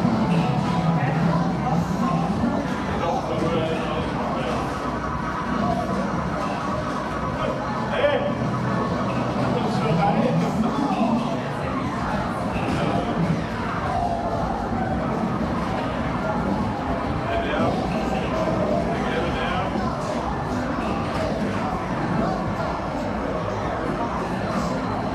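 A gaming arcade full of sound: overlapping voices and crowd chatter run continuously, layered with electronic tones and game noises. The mix stays dense and steady at an even loudness throughout, with brief bright beeps and melodic blips popping up now and then.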